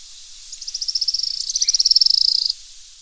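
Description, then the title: Araucaria tit-spinetail giving a thin, very high-pitched trill of rapid notes that grows louder over about two seconds, then stops abruptly; faint background hiss. "LuckyPassaro Completos2Sama. Araucaria Tit-Spinetail (Leptasthenura setaria)"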